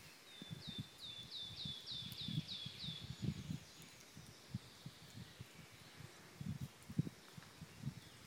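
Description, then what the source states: Wood warbler song: a short series of high, quickening ticking notes, with low rumbling noise throughout. Recorded with an iPhone.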